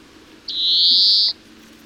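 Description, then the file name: European greenfinch delivering one long buzzy 'dzweee' wheeze, steady and nasal, held for under a second before stopping abruptly. "Chloris chloris"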